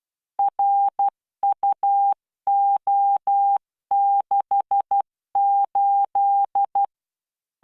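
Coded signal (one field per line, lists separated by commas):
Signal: Morse code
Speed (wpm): 12 wpm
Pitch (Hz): 800 Hz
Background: none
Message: RUO68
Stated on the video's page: Morse practice at 12 WPM with standard spacing, generated by LearningMorse training software.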